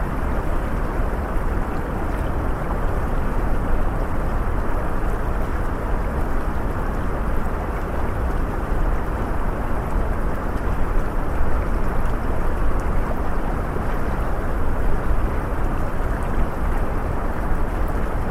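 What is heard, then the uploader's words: A waterfall beside a river roars in a steady, dense rush that barely changes across the eighteen seconds. The sound is heavy and low, with little brightness on top, and no separate events or other sounds stand out from the continuous flow. WATERFALL BESIDE THE RIVER SOUNDS.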